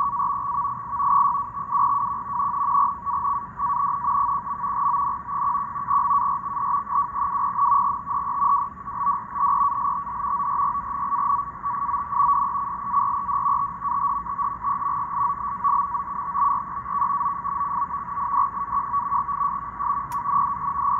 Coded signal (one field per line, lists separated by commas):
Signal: NAVTEX (SITOR-B)